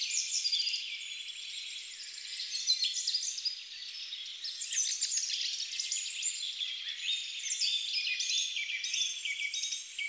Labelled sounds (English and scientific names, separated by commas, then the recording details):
Song Thrush (Turdus philomelos) song
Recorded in the wild
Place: Lilienhof / Kaiserstuhl, Baden-Württemberg, DE
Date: 1999-04-02
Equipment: Dat-Recorder Casio DA 7, Telinga DAT, Telinga-Parabolspiegel
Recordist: Schwarz, Dieter